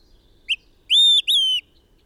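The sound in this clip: Bird song of a quick chip followed by two long steady whistles, the second sliding down a little.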